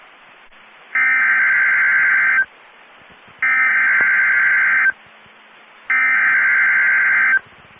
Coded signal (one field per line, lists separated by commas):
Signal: Emergency Alert System (SAME) tones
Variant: header bursts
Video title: Severe Thunderstorm Watch & Warning (EAS 1910 & 1911) 6/7/22